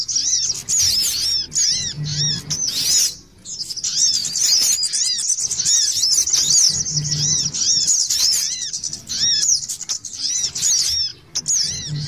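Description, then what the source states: Little spiderhunter song: a dense, continuous run of high, sharp chirps and twittering notes with rapid downslurred whistles, almost without pause, plus brief low hums and a short gap near three seconds. Masteran training recording; local name sogok ontong labaik.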